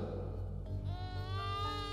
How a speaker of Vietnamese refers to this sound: Rồi đột nhiên từ đằng đó có tiếng trẻ sơ sinh văng vẳng truyền tới, tiếng khóc oa oa dấm dứt mãi không thôi.